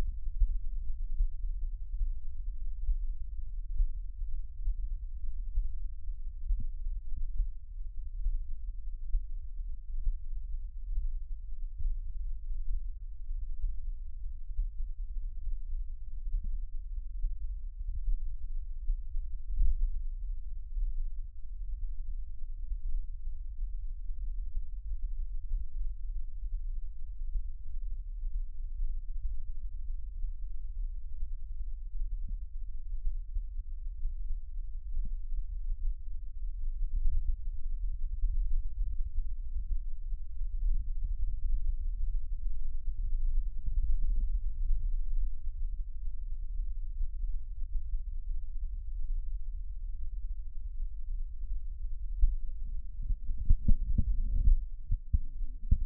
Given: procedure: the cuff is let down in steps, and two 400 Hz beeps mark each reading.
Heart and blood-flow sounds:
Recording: Korotkoff sounds by stethoscope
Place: brachial artery, at the lower edge of an arm cuff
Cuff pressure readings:
8.95-9.47 s: 75 mmHg
30.05-30.58 s: 65 mmHg
51.38-51.90 s: 55 mmHg
From the record:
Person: healthy adult, 24 to 32 years, lying on the back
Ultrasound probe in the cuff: distal

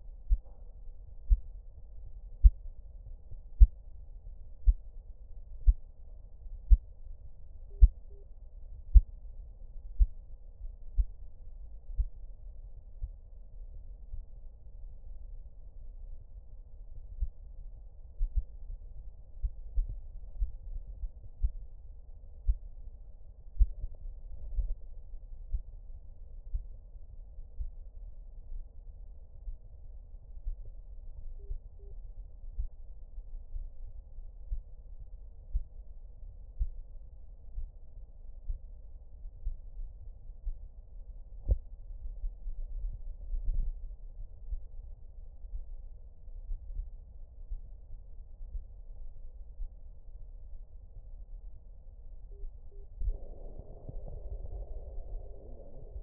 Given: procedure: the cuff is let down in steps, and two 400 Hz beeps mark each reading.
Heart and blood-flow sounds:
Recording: Korotkoff sounds by stethoscope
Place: brachial artery, at the lower edge of an arm cuff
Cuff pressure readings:
7.71-8.23 s: 85 mmHg
31.39-31.92 s: 80 mmHg
52.32-52.84 s: 75 mmHg
From the record:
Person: healthy adult, 24 to 32 years, lying on the back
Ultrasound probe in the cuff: distal

